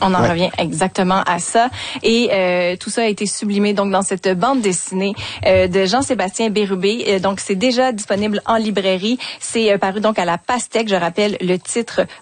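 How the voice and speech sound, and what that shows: A woman speaks French fluently at an even conversational pace, with clear voicing and natural pitch, with a couple of brief filled pauses ("euh").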